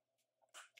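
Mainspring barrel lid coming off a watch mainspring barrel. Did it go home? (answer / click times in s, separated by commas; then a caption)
released / 0.8 s. A watch mainspring barrel sits lid side up on a table while a finger gently presses down on its sides, so the barrel arbor pushes the press-fit metal lid off. Faint rustles and a brief broadband burst at about 0.55 s lead up to a sharp snap at 0.8 s as the lid comes free of the barrel.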